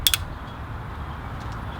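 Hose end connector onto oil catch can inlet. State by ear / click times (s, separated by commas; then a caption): seated / 0.1 s. A hose end connector is swiveled into position and pushed onto the inlet of a Forge Motorsport oil catch can on an MK7 GTI. It snaps on with a sharp, bright click at 0.1 s, immediately followed by a second quieter tick, then only a low steady background hum remains. The connector is seated on the catch can inlet.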